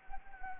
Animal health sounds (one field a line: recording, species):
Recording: mosquito wingbeat signal from an infrared sensor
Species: Anopheles gambiae